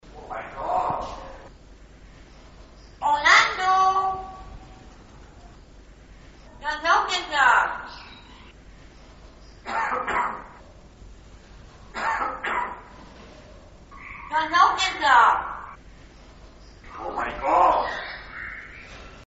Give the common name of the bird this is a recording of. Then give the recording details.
Common Hill Myna. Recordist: Tembrock, Günter. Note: Imitation der menschlichen Stimme